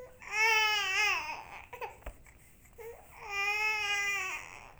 Baby Cry.